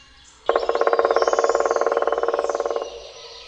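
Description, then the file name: Black woodpecker drumming: one rapid, even roll lasting a little over two seconds. "dzieciolczarny"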